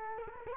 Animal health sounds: mosquito wingbeat signal from an infrared sensor; Culex quinquefasciatus

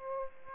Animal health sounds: mosquito wingbeat signal from an infrared sensor; Aedes aegypti

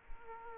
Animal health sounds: mosquito wingbeat signal from an infrared sensor; Aedes aegypti

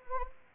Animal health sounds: mosquito wingbeat signal from an infrared sensor; Anopheles gambiae

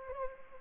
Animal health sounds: mosquito wingbeat signal from an infrared sensor; Anopheles arabiensis

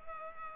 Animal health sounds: mosquito wingbeat signal from an infrared sensor; Culex pipiens

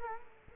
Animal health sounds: mosquito wingbeat signal from an infrared sensor; Culex quinquefasciatus

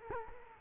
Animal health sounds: mosquito wingbeat signal from an infrared sensor; Culex quinquefasciatus

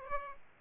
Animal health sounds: mosquito wingbeat signal from an infrared sensor; Aedes aegypti

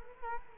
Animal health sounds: mosquito wingbeat signal from an infrared sensor; Culex quinquefasciatus

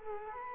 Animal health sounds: mosquito wingbeat signal from an infrared sensor; Culex quinquefasciatus

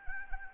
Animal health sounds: mosquito wingbeat signal from an infrared sensor; Anopheles arabiensis

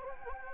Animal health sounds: mosquito wingbeat signal from an infrared sensor; Anopheles gambiae

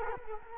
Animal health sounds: mosquito wingbeat signal from an infrared sensor; Culex quinquefasciatus

